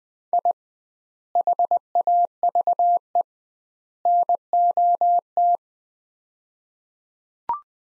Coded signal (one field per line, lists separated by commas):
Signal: Morse code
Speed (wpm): 20 wpm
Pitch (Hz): 700 Hz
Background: none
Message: I HAVE NOT